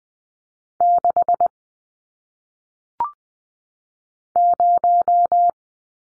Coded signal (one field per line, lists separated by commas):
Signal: Morse code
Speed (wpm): 20 wpm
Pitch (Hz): 700 Hz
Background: none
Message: 6 0